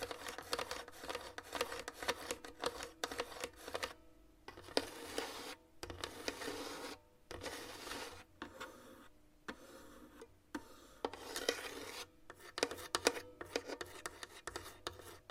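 Long nails scratch and tap in a dense, bright rasping stream, broken by brief silences near 4, 7, 9 and 11 seconds. The scratching comes in quick repeated strokes with sharp taps mixed in, its loudness rising and falling from burst to burst.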